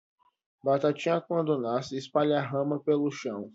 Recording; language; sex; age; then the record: short text; Brazilian Portuguese; female; 20 to 29 years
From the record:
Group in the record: control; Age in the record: 21 years